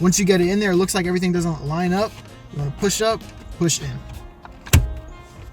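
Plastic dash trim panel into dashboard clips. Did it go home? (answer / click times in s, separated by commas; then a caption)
yes / 4.7 s. A plastic dash trim panel on a 2015 Lexus IS, fitted during a 10.25-inch Android head unit upgrade, is pushed up and in so its clips engage with the dashboard. Someone talks, then a sharp snap is heard at 4.7 s as the panel seats into place.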